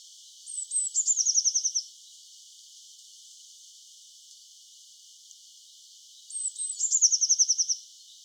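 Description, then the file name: Eurasian blue tit repeating its song twice, about six seconds apart, each phrase two high thin notes and a short fast trill, quiet hiss between. "Cyanistes caeruleus"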